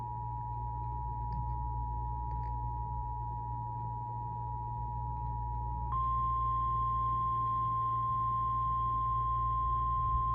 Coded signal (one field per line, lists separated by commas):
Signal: Emergency Alert System (SAME) tones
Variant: 853 and 960 Hz attention tone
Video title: (EAS #2,955 - #2,965) AN UNWANTED BIRTHDAY PARTY GUEST - EAS Alerts from 5/30/26 - 6/1/26